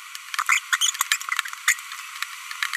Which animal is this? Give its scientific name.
Forpus passerinus